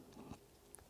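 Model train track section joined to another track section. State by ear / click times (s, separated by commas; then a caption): not seated / none. A plastic Kato model train track section is held in the air and pushed toward another track section to join them. Only soft handling rustles and light taps are heard over a low background hum. Nothing has seated or clicked yet.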